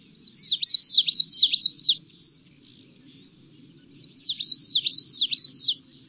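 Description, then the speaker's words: Common Yellowthroat song: two bursts of rapidly repeated galloping phrases with a pause between. Marsh bird; song of repeated galloping phrases. "That's the song of a common yellowthroat."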